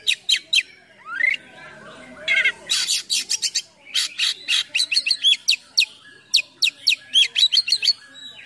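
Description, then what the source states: Oriental magpie-robin delivering a lively stream of sharp, buzzy and whistled notes, repeated rapidly in short bursts. Full song with imitations, described as gacor (singing persistently) with full isian (mimicked filler songs).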